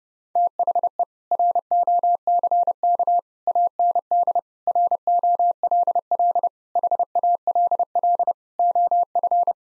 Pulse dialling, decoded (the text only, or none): none